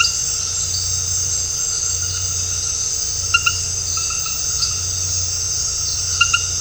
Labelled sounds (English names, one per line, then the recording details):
none
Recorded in dense forest near Puerto Asís, Putumayo, Colombia, on 13 March 2025 at 21:00
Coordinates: 0.468, -76.322
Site GP01